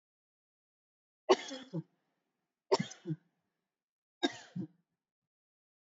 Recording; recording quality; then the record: heavy voluntary cough; excellent, no background noise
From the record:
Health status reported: respiratory illness, not identified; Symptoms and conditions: asthma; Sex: female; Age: 55 years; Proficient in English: yes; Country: India